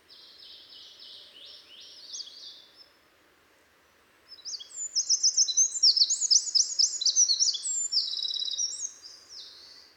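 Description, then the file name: Eurasian wren song: a high, fast series of sharp trilled notes, then after a pause a longer, louder, rapid tumbling trill of varied notes. "Troglodytes troglodytes"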